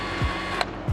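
On a Talos T60X drone, the front panel clip on the other side is pushed into its empty hole in the airframe. It snaps with a sharp click at 0.6 s over a steady background hum, with dull low thumps around 0.2 s and 0.9 s. The clip is seated.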